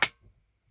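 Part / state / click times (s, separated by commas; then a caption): vacuum handle into top of vacuum body / seated / 0.0 s. A plastic handle is pushed into the top of the upright body of a Eureka AirSpeed Plus compact vacuum and locks into place with a single sharp, bright snap at 0.0 s. Only faint low rustling and handling noise follow, and the handle is seated.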